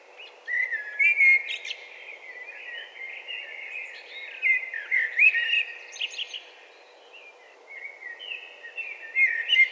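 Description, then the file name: Eurasian blackbird song: rich warbling phrases rising and falling, punctuated by brief high squeaky notes, coming in loud bursts with quieter gaps between. "Turdus merula"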